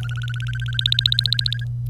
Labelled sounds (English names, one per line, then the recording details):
Domestic Canary song
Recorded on 25 April 2018 at 09:42
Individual llb3